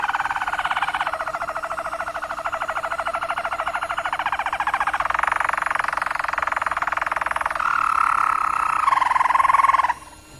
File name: kenari roller. omkicau